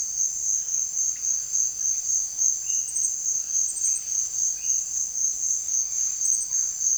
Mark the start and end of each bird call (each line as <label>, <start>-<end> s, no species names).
bird call, 2.36-4.89 s